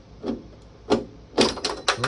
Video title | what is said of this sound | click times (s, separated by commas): #jeepwrangler #automobile #diy #bodywork | Okay, you heard it click out. | 1.7 s